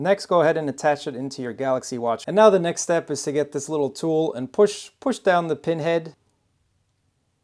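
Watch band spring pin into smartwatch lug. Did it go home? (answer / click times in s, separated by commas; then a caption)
no / none. Someone talks while attaching a Pitaka carbon fiber watch band end, fitted with a quick-release spring pin, to the lug of a Samsung Galaxy Watch 5 Pro, using a small tool to push down the pinhead. Nothing has seated or clicked yet, and the sound falls silent after about 6.1 seconds.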